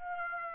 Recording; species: mosquito wingbeat signal from an infrared sensor; Aedes aegypti